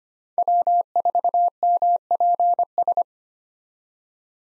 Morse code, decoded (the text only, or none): W4MPS